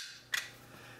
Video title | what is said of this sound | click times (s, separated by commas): AR-15 Field Strip & Review | Now slide the whole thing in, you'll hear it snap in place. | 0.4 s